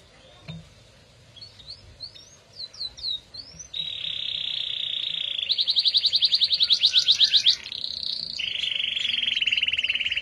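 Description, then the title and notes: Canary song opening with rising whistled slurs, then a long steady buzzy trill, a faster pulsing roll and a lower sustained trill. Therapy recording meant to get a canary that has stopped singing to sing again; F1 canary. "TERAPI KENARI MACET. Kenari F1"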